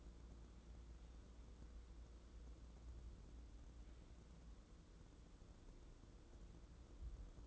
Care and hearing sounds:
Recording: daily activity, microphone in the room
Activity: wipe stove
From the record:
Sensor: 3

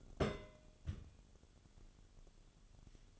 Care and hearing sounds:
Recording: daily activity, microphone in the room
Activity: place on stove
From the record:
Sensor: 4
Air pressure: 1008.8 hPa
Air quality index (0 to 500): 126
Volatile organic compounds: 1 ppm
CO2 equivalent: 919 ppm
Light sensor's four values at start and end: 10/23/9/8 and 10/23/9/8

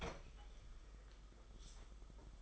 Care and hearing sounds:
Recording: daily activity, microphone in the room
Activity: open fridge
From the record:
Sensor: 5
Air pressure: 991.2 hPa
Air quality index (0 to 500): 113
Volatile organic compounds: 30 ppm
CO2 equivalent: 2967 ppm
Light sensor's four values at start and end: 34/108/41/43 and 35/109/42/44

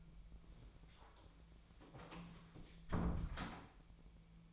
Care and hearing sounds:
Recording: daily activity, microphone in the room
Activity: close door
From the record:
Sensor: 1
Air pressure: 1000.5 hPa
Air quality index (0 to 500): 184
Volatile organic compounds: 4 ppm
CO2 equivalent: 1694 ppm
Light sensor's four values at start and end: 12/28/11/13 and 11/27/11/13

